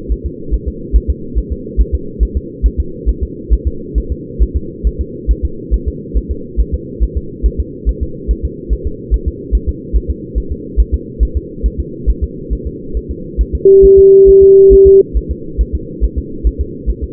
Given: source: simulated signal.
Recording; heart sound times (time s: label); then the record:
fetal heart sounds
0.12 s: S1
0.26 s: S2
0.54 s: S1
0.68 s: S2
0.96 s: S1
1.10 s: S2
1.38 s: S1
1.52 s: S2
1.81 s: S1
1.95 s: S2
2.23 s: S1
2.37 s: S2
2.66 s: S1
2.80 s: S2
3.09 s: S1
3.23 s: S2
3.53 s: S1
3.67 s: S2
3.98 s: S1
4.12 s: S2
4.42 s: S1
4.56 s: S2
4.87 s: S1
5.01 s: S2
5.31 s: S1
5.45 s: S2
5.74 s: S1
5.88 s: S2
6.17 s: S1
6.31 s: S2
6.60 s: S1
6.74 s: S2
7.03 s: S1
7.17 s: S2
7.46 s: S1
7.60 s: S2
7.89 s: S1
8.03 s: S2
8.31 s: S1
8.45 s: S2
8.73 s: S1
8.87 s: S2
9.14 s: S1
9.28 s: S2
9.55 s: S1
9.69 s: S2
9.96 s: S1
10.10 s: S2
10.38 s: S1
10.52 s: S2
10.80 s: S1
10.94 s: S2
11.23 s: S1
11.37 s: S2
11.66 s: S1
11.80 s: S2
12.10 s: S1
12.24 s: S2
12.53 s: S1
12.67 s: S2
12.97 s: S1
13.11 s: S2
13.41 s: S1
13.55 s: S2
13.85 s: S1
13.99 s: S2
14.29 s: S1
14.43 s: S2
14.73 s: S1
14.87 s: S2
15.17 s: S1
15.31 s: S2
15.61 s: S1
15.75 s: S2
16.04 s: S1
16.18 s: S2
16.47 s: S1
16.61 s: S2
16.90 s: S1
17.04 s: S2
From the record:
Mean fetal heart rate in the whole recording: 140 bpm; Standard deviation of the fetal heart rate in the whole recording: 2 bpm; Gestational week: 34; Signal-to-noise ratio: -4.3 dB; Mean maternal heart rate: 72 bpm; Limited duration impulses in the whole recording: present